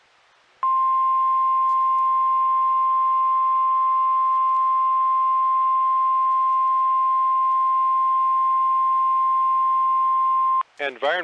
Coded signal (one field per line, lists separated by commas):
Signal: Emergency Alert System (SAME) tones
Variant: 1050 Hz attention tone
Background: speech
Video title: EAS 2x Tornado Warning/Severe Thunderstorm Warning Southern Ontario Weather Radio Canada